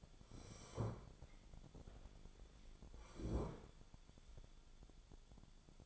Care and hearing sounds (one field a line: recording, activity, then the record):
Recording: daily activity, microphone in the room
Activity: sit down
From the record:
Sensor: 5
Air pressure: 1015.4 hPa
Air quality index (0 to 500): 175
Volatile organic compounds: 6 ppm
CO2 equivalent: 1898 ppm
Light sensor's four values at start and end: 36/83/34/32 and 36/83/33/32